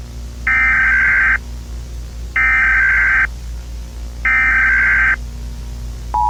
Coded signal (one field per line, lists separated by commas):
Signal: Emergency Alert System (SAME) tones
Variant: header bursts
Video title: Rating the USA ball EAs alarms